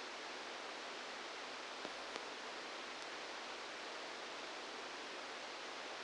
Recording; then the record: brain microelectrode recording played as sound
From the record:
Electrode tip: outside the subthalamic nucleus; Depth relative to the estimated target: -4 mm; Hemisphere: left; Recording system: NeuroSet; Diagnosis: Parkinson's disease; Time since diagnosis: 10 years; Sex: male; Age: 63 years